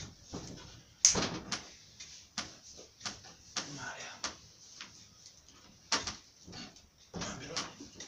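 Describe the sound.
A door being closed: a sharp bang early on, then a series of irregular clunks and knocks as it's pushed and jostled, with muffled voices in the background.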